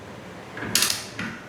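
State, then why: Torque reached. A torque wrench tightens a bolt into a thread tapped in aluminium filled with repair rod, testing the repaired thread. A soft ratcheting build-up leads to the wrench's sharp click at its setting at 0.8 s, followed by a fainter mechanical click at 1.2 s. The bolt holds at the set torque.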